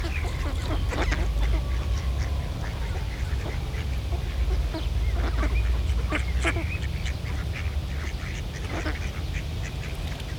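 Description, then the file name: Ducks quacking in a busy chorus, short harsh notes overlapping rapidly, over a steady low rumble. Ducks in a pond. "Eenden in een vijver - Sound Cloud - Beeld en Geluid"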